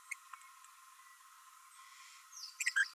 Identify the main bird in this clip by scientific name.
Forpus passerinus